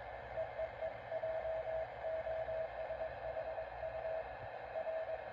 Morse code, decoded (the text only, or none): EEE JOSHU R